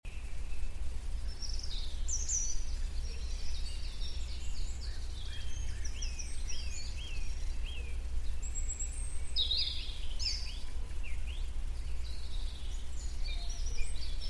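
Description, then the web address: Birds singing scattered short chirps and quick whistled notes over a steady, heavy low rumble throughout. Birdsong at sunset. "el canto de los pajaros al atardecer"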